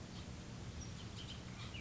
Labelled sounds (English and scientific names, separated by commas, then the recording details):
Bullock's Oriole (Icterus bullockii)
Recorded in Sonoma County, California